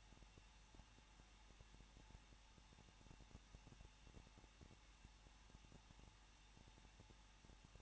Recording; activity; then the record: daily activity, microphone in the room; no activity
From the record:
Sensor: 1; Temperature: 20.1 degrees Celsius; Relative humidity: 39.1%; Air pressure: 1006.3 hPa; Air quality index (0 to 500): 217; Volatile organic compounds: 76 ppm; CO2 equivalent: 3573 ppm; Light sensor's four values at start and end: 1/2/1/1 and 1/2/1/1